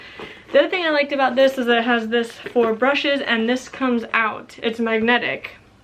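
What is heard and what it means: Someone talks while handling the removable magnetic brush holder panel of a Beis travel cosmetics case, which is meant to snap back into the case. Nothing has seated or clicked yet; the clip ends before the panel goes home.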